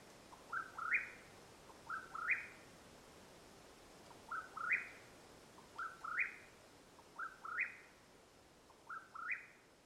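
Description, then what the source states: Mexican whip-poor-will giving six rolling, rising phrases with a short gap midway, otherwise evenly paced against a quiet background. Calling at nightfall, Madera Canyon, Arizona, USA, 21 April 2022.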